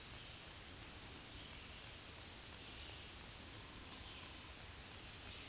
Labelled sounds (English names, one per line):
Black-throated Green Warbler song